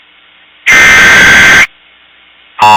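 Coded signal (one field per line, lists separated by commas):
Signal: Emergency Alert System (SAME) tones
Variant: header bursts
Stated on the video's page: Fictional EAS series episode.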